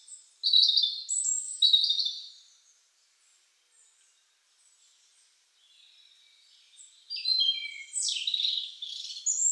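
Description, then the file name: European robin song in two high, tinkling phrases with quiet faint warbling between them. "Erithacus rubecula"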